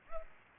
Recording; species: mosquito wingbeat signal from an infrared sensor; Culex pipiens